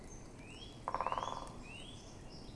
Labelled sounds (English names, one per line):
Eurasian Blackcap